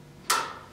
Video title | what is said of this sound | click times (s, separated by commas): Levo C3 Standing Power Wheelchair Review | you'll see they'll flip in and even lock into place on the side | 0.3 s